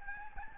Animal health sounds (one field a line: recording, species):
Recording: mosquito wingbeat signal from an infrared sensor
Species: Aedes albopictus